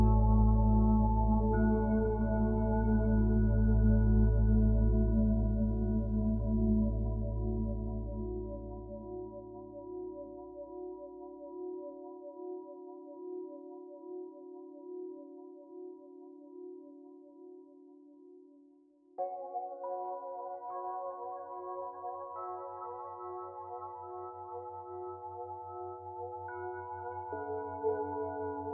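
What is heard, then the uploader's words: Binaural beats: sustained layered tones with a deep low drone fading by ten seconds, then new higher tones entering near nineteen seconds. Binaural beats.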